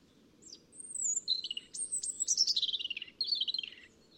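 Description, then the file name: European robin delivering one rich phrase: high descending whistles sliding into a fast sparkling trill, ending in lower twittering notes. "Erithacus rubecula"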